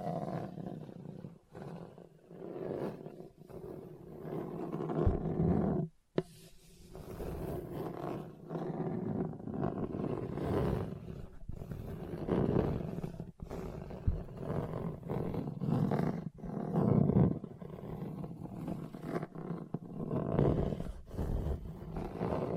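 Hard, bumpy surface scratching runs almost without pause, a rough, low-to-mid grinding rasp that swells and fades in uneven strokes. A sharp break near six seconds cuts it off briefly before the scraping resumes, growling and juddering through to the end.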